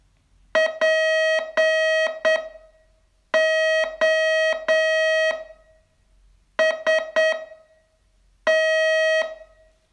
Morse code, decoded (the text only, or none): POST